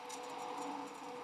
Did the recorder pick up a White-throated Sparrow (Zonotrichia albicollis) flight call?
no